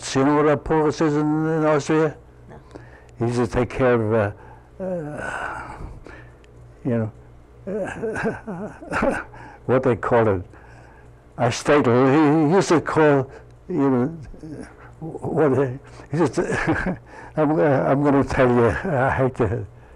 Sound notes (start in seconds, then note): 7.6 he laughs; 16.1 he laughs